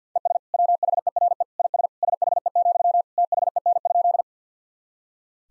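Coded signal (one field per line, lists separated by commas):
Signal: Morse code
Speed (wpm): 50 wpm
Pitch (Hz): 700 Hz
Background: none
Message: ES WHERE IS SHE, THEN?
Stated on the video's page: Head-copy practice drill of sentences from the top 200 words and abbreviations in Morse code at 50 wpm, each sent twice.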